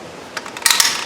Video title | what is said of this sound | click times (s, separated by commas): Driver's Side Window Switch Replacement - Ford Taurus/Mercury Montego | You hear it lock in, clipped into place, and we're good to go. | 0.7 s